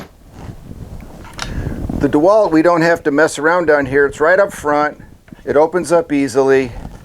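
A metal blade is handled at the front-mounted tool-free blade clamp of a DeWalt DCS331 cordless jigsaw, which opens up easily. Sharp handling clicks are heard at 1.0 s and 1.4 s, then someone talks. The blade has not seated or locked into the clamp yet.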